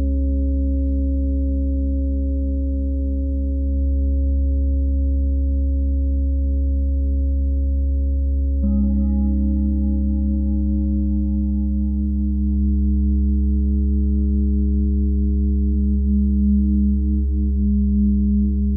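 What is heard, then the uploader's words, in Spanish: A tuning fork and singing bowls sound as pure, sustained tones over a deep, steady low hum. The tones hold without a break until around nine seconds, when a second bowl enters with a brighter, slightly higher ring and a slow wavering pulse that continues to the end. Diapasón y Cuencos.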